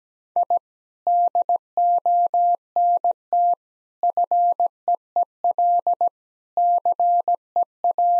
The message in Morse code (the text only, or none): I DONT FEEL CEA